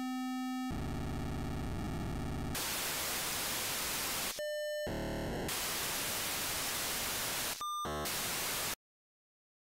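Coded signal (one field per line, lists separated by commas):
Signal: POCSAG pager data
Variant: 512, 1200 and 2400 baud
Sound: three pager bursts: each a buzzy preamble tone rising in pitch, then harsh hissing data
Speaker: they have varying baud rates so the first one will be at 512 the second want to be at 1200 and then 2400 so watch what they look like on the waterfall and listen to how they sound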